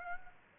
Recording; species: mosquito wingbeat signal from an infrared sensor; Aedes aegypti